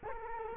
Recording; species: mosquito wingbeat signal from an infrared sensor; Culex quinquefasciatus